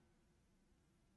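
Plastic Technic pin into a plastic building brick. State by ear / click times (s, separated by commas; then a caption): not seated / none. A plastic building-brick part is slid onto a plastic Technic pin, giving only a quiet, low rumbling background with no pop. The pin has not seated or clicked into the brick, and the fit is not secure.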